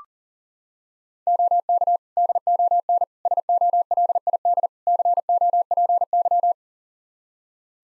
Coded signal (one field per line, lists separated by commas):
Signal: Morse code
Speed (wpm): 37 wpm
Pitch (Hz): 700 Hz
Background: none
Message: OK DON SOLID COPY